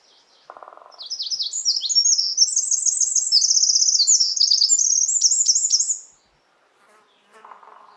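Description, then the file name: Eurasian wren song: a loud, rapid, high-pitched torrent of trills and sharp twittering notes lasting about five seconds, ending abruptly, with a brief low buzzy sound before and after. "Troglodytes troglodytes"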